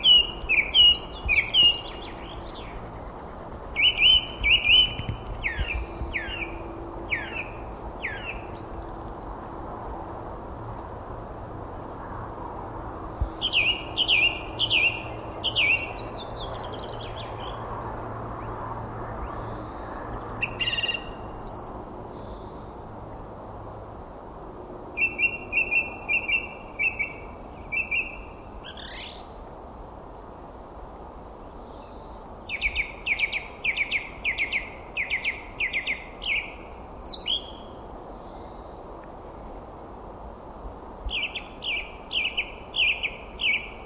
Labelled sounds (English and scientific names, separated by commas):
Song Thrush (Turdus philomelos) song